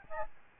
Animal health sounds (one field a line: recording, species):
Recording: mosquito wingbeat signal from an infrared sensor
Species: Aedes albopictus